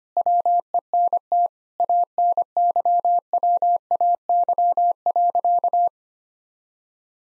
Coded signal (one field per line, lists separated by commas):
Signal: Morse code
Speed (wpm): 25 wpm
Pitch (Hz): 700 Hz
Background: none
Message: WENT ANYWAY.